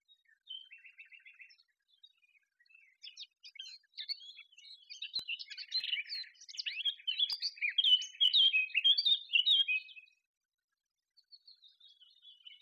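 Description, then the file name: Eurasian blackcap song: a short rattling phrase, then a long rich warble of fast varied notes growing louder before breaking off, with a faint final twitter. "Sylvia atricapilla"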